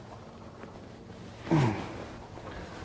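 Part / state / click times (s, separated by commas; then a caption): replacement bushing piece going into the tie rod mount on a truck's steering / not seated / none. A replacement BroncBuster bushing piece is being handled by hand at the tie rod mount on a new Ford Bronco's steering during a tie rod failure fix, without any tapping. Under a low, steady background, a faint tick comes at 0.6 s, then a louder, broad rustling bump of handling at about 1.5 to 1.7 s that fades back to quiet. The piece has not seated or clicked into place yet.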